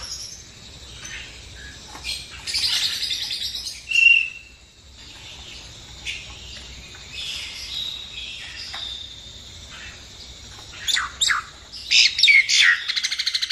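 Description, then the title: Nias hill myna song of whistles and harsh notes over steady background noise, with bursts near the start and a run of clear whistles toward the end. Masteran recording, used as training audio for songbirds. "Masteran Burung Jalak Nias"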